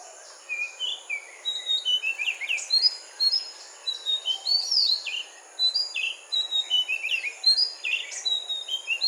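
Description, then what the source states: Magpie-robin song: clear whistled phrases delivered in quick bursts over a steady high hiss. Singing during a morning chorus.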